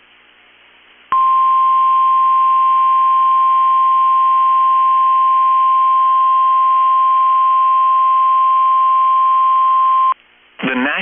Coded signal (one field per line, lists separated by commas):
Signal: Emergency Alert System (SAME) tones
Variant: 1050 Hz attention tone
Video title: EAS Tornado Warning North Minneapolis, Minnesota NOAA Weather Radio KEC65